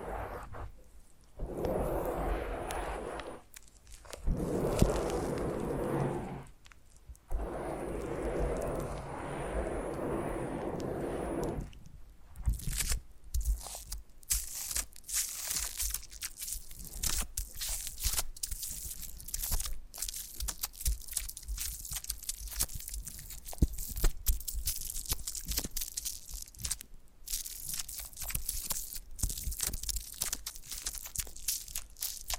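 Foam massage: for the first twelve seconds, long dense rubbing passes sweep across the surface, separated by short pauses. After that the sound turns into quick, irregular crunchy squeaks and scratches. These come in rapid bursts that keep going to the end.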